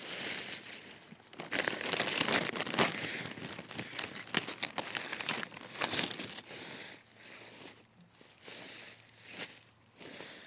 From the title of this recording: Leaves rustle